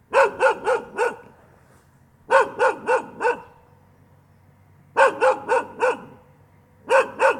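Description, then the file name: Dog barking in quick bursts of four sharp barks, each burst separated by one to two seconds of quiet. "tieng cho sua"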